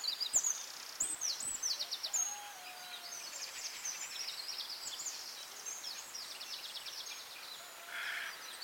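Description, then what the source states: Birds: dawn chorus of many birds: sharp high chirps at the start, then a steady wash of overlapping trills and twittering, with a brief lower buzzy note near the end. Dawn chorus at dawn in Anglesey, Wales.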